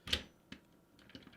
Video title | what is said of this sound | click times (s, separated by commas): Power Rangers Legacy Thunder Megazord Review | and you'll hear a click and that'll hold the legs on it holds them on pretty well too | 0.1 s